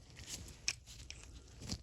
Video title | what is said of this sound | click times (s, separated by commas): Harbor Freight Pittsburgh Pro Extendable Ratchet TOTAL TEARDOWN (including handle) 1/2” Drive | there goes the ring and snap back in place | 0.7 s